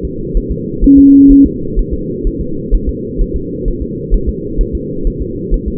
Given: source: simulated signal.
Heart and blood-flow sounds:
fetal heart sounds
0.05 s: S2
0.37 s: S1
0.52 s: S2
0.84 s: S1
0.98 s: S2
1.31 s: S1
1.46 s: S2
1.79 s: S1
1.94 s: S2
2.27 s: S1
2.41 s: S2
2.75 s: S1
2.89 s: S2
3.22 s: S1
3.36 s: S2
3.68 s: S1
3.82 s: S2
4.14 s: S1
4.29 s: S2
4.61 s: S1
4.75 s: S2
5.07 s: S1
5.22 s: S2
5.54 s: S1
5.68 s: S2
From the record:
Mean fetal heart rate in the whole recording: 130 bpm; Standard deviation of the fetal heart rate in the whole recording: 4 bpm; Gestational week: 38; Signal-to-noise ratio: -6.6 dB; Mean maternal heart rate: 72 bpm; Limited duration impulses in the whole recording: present

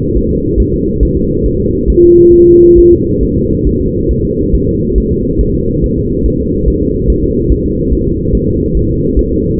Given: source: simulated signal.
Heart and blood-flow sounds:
fetal heart sounds
0.17 s: S1
0.31 s: S2
0.60 s: S1
0.74 s: S2
1.03 s: S1
1.17 s: S2
1.46 s: S1
1.60 s: S2
1.90 s: S1
2.04 s: S2
2.34 s: S1
2.48 s: S2
2.79 s: S1
2.93 s: S2
3.23 s: S1
3.37 s: S2
3.67 s: S1
3.81 s: S2
4.11 s: S1
4.25 s: S2
4.55 s: S1
4.69 s: S2
4.98 s: S1
5.12 s: S2
5.41 s: S1
5.55 s: S2
5.84 s: S1
5.98 s: S2
6.26 s: S1
6.40 s: S2
6.68 s: S1
6.82 s: S2
7.10 s: S1
7.24 s: S2
7.52 s: S1
7.66 s: S2
7.93 s: S1
8.07 s: S2
8.35 s: S1
8.49 s: S2
8.77 s: S1
8.91 s: S2
9.19 s: S1
9.33 s: S2
From the record:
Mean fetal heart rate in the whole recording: 140 bpm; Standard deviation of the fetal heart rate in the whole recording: 2 bpm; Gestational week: 34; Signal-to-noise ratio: -14.7 dB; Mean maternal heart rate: 72 bpm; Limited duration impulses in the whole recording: present

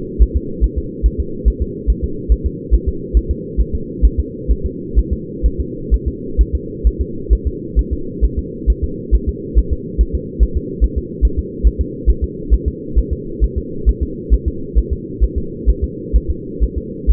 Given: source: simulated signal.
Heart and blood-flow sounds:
fetal heart sounds
0.22 s: S1
0.37 s: S2
0.64 s: S1
0.78 s: S2
1.06 s: S1
1.20 s: S2
1.48 s: S1
1.62 s: S2
1.90 s: S1
2.04 s: S2
2.32 s: S1
2.46 s: S2
2.74 s: S1
2.89 s: S2
3.17 s: S1
3.31 s: S2
3.61 s: S1
3.75 s: S2
4.05 s: S1
4.20 s: S2
4.51 s: S1
4.66 s: S2
4.98 s: S1
5.13 s: S2
5.46 s: S1
5.60 s: S2
5.94 s: S1
6.08 s: S2
6.41 s: S1
6.55 s: S2
6.87 s: S1
7.01 s: S2
7.33 s: S1
7.47 s: S2
7.79 s: S1
7.93 s: S2
8.25 s: S1
8.39 s: S2
8.70 s: S1
8.84 s: S2
9.15 s: S1
9.29 s: S2
9.58 s: S1
9.73 s: S2
10.01 s: S1
10.15 s: S2
10.43 s: S1
10.57 s: S2
10.84 s: S1
10.98 s: S2
11.25 s: S1
11.39 s: S2
11.67 s: S1
11.81 s: S2
12.09 s: S1
12.24 s: S2
12.54 s: S1
12.68 s: S2
12.98 s: S1
13.13 s: S2
13.44 s: S1
13.58 s: S2
13.89 s: S1
14.03 s: S2
14.34 s: S1
14.48 s: S2
14.78 s: S1
14.93 s: S2
15.24 s: S1
15.38 s: S2
15.70 s: S1
15.84 s: S2
16.16 s: S1
16.31 s: S2
16.63 s: S1
16.78 s: S2
17.11 s: S1
From the record:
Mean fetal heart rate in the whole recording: 135 bpm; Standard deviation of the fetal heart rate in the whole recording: 3 bpm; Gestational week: 34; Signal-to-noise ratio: -4.3 dB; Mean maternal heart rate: 72 bpm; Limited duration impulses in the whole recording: absent

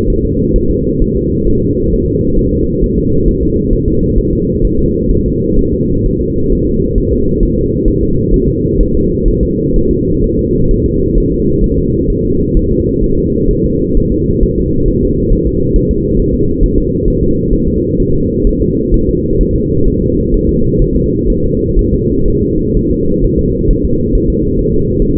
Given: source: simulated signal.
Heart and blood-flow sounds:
fetal heart sounds
0.10 s: S1
0.25 s: S2
0.56 s: S1
0.71 s: S2
1.02 s: S1
1.16 s: S2
1.48 s: S1
1.62 s: S2
1.93 s: S1
2.08 s: S2
2.39 s: S1
2.54 s: S2
2.84 s: S1
2.98 s: S2
3.28 s: S1
3.43 s: S2
3.73 s: S1
3.88 s: S2
4.18 s: S1
4.33 s: S2
4.65 s: S1
4.79 s: S2
5.12 s: S1
5.26 s: S2
5.59 s: S1
5.74 s: S2
6.06 s: S1
6.21 s: S2
6.53 s: S1
6.67 s: S2
6.98 s: S1
7.13 s: S2
7.43 s: S1
7.58 s: S2
7.88 s: S1
8.03 s: S2
8.34 s: S1
8.48 s: S2
8.81 s: S1
8.95 s: S2
9.28 s: S1
9.43 s: S2
9.76 s: S1
9.91 s: S2
10.24 s: S1
10.39 s: S2
10.71 s: S1
10.86 s: S2
11.18 s: S1
11.32 s: S2
11.64 s: S1
11.79 s: S2
12.10 s: S1
12.25 s: S2
12.57 s: S1
12.72 s: S2
13.04 s: S1
13.19 s: S2
13.51 s: S1
13.66 s: S2
13.97 s: S1
14.12 s: S2
14.43 s: S1
14.58 s: S2
14.88 s: S1
15.03 s: S2
15.33 s: S1
15.47 s: S2
15.76 s: S1
15.91 s: S2
16.20 s: S1
16.34 s: S2
16.63 s: S1
16.78 s: S2
17.08 s: S1
17.23 s: S2
17.53 s: S1
17.68 s: S2
18.00 s: S1
18.15 s: S2
18.47 s: S1
18.62 s: S2
18.94 s: S1
19.09 s: S2
19.41 s: S1
19.56 s: S2
19.88 s: S1
20.02 s: S2
20.34 s: S1
20.49 s: S2
20.82 s: S1
20.96 s: S2
21.30 s: S1
21.45 s: S2
21.79 s: S1
21.94 s: S2
22.28 s: S1
22.43 s: S2
22.77 s: S1
22.91 s: S2
23.24 s: S1
23.39 s: S2
23.71 s: S1
23.85 s: S2
24.15 s: S1
24.30 s: S2
24.59 s: S1
24.74 s: S2
25.02 s: S1
25.17 s: S2
From the record:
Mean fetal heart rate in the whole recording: 130 bpm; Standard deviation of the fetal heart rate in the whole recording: 4 bpm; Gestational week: 38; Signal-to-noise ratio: -15.3 dB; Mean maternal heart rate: 72 bpm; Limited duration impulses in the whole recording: present

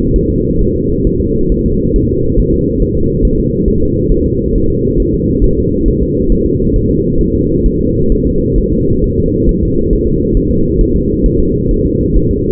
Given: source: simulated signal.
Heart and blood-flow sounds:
fetal heart sounds
0.16 s: S1
0.30 s: S2
0.61 s: S1
0.76 s: S2
1.07 s: S1
1.21 s: S2
1.52 s: S1
1.66 s: S2
1.96 s: S1
2.10 s: S2
2.39 s: S1
2.54 s: S2
2.82 s: S1
2.97 s: S2
3.25 s: S1
3.39 s: S2
3.68 s: S1
3.82 s: S2
4.11 s: S1
4.26 s: S2
4.55 s: S1
4.70 s: S2
5.00 s: S1
5.14 s: S2
5.44 s: S1
5.58 s: S2
5.88 s: S1
6.03 s: S2
6.32 s: S1
6.46 s: S2
6.76 s: S1
6.90 s: S2
7.21 s: S1
7.35 s: S2
7.66 s: S1
7.80 s: S2
8.12 s: S1
8.27 s: S2
8.58 s: S1
8.73 s: S2
9.04 s: S1
9.18 s: S2
9.49 s: S1
9.63 s: S2
9.93 s: S1
10.07 s: S2
10.37 s: S1
10.51 s: S2
10.81 s: S1
10.96 s: S2
11.26 s: S1
11.40 s: S2
11.71 s: S1
11.86 s: S2
12.17 s: S1
12.31 s: S2
From the record:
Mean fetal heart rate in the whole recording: 135 bpm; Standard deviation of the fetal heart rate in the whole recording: 3 bpm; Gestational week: 36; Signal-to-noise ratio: -15.3 dB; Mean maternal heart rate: 72 bpm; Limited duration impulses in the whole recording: present

